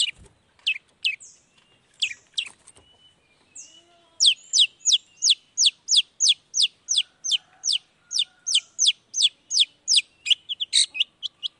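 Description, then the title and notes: Long-tailed shrike song: a few scattered sharp notes, then a long, fast, steady series of similar high chirps, about three per second, ending in a brief jumbled burst. Vocal (gacor) shrike singing in the morning with a 'toet toet' sound variation; played to provoke other long-tailed shrikes into responding quickly. "Cendet Gacor Dor Di Kala Pagi Toet Toet Variasi Suara. Burung cendet"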